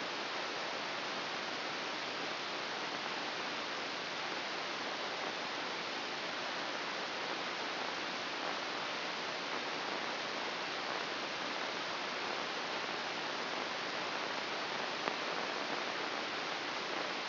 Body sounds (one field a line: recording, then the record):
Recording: brain microelectrode recording played as sound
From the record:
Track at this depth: inside the subthalamic nucleus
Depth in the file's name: 4.539 mm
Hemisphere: right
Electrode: 2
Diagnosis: Parkinson's disease